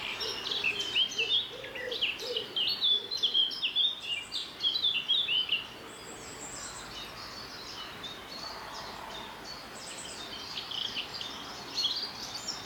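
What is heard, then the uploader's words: Birdsong from Snowdonia, with a dense run of quick, bright chirps and trills during the first six seconds, plus a few lower notes. After that the singing thins to scattered, softer calls over a steady low hiss that continues to the end. Radio Birdsong from Snowdonia, North Wales. High above the Aberglaslyn Pass.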